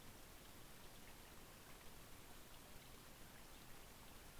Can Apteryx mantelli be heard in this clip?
no